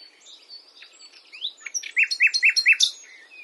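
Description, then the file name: Common nightingale song opening with soft scattered notes, then building into a loud run of repeated rising chirps near the end. "Luscinia megarhynchos"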